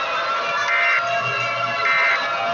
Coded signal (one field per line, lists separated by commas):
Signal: Emergency Alert System (SAME) tones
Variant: end-of-message bursts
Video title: EAS scenario: selever.exe mid fight masses crew's revenge